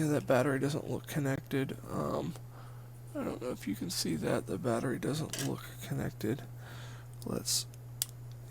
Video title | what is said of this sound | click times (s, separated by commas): More Nintendo Joy Con Drift Repairs | yep the battery just snapped into place so let's | 8.0 s